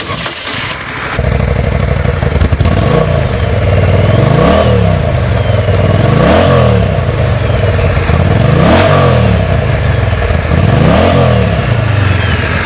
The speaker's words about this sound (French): Le moteur Guzzi. Bah, dai. Io, je vais dire, je ne vais pas parler beaucoup, je vais juste démarrer le moteur. Là, tu mets la chiave così.